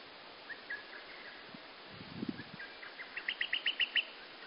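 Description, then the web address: Bird song: faint chirps at first, then a short, clear burst of rapidly repeated high notes near the end, over steady background noise. Singing at dawn. "gazou goma yoake. bird singing"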